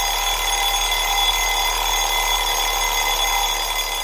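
An alarm clock rings loudly and without pause, a dense, shrill metallic buzz of steady high tones that holds at the same level for the full four seconds, with no voices.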